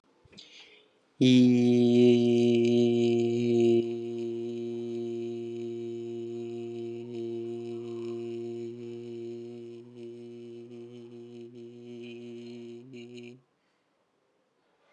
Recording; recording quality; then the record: sustained vowel as in beet; excellent, no background noise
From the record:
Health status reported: exposed to COVID-19, no respiratory illness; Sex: male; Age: 25 years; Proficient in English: yes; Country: India